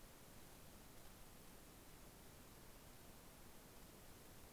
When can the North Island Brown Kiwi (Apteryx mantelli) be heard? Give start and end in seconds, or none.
none